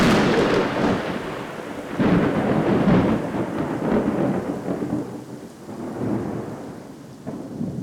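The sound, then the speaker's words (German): A thunderstorm: steady rain hisses throughout while deep thunder rolls and rumbles beneath it, swelling strongest in the middle before easing off, with no voices. “Mit diesen Worten beschattete er sorgsam seine Lampe und lief dann an eins der Fenster, das er dem Sturm weit öffnete.”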